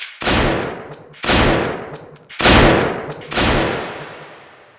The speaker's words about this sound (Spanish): acostumbrada al ruido de los disparos, no escucharon aquellos que terminaron en el cuerpo del cachetes